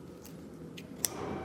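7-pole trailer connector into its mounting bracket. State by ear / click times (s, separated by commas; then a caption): seated / 1.0 s. A 7-pole trailer connector with its wiring fed through, part of a Curt T-Connector vehicle wiring harness on a 2023 Kia Sorento, is pushed into its plastic pole-lock mounting bracket, which goes on only one way and is a tight fit. Faint ticks at about 0.3 s and 0.8 s lead to a sharp, loud click at 1.0 s at the end of the push as the connector seats in the bracket.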